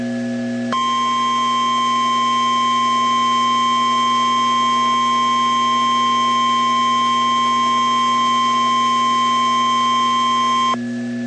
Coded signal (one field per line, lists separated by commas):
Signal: Emergency Alert System (SAME) tones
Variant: 1050 Hz attention tone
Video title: Tornado Warning - confirmed tornado near Joshua, TX (EAS #413)